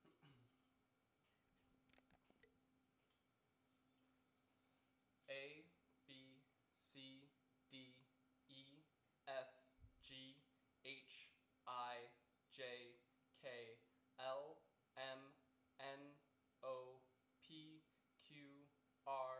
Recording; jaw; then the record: letters of the alphabet, spoken; free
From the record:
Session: first day, before the bite bar